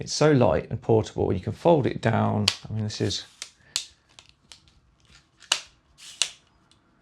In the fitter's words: You you might be able to hear the clicking of the the locks here, which are very substantial and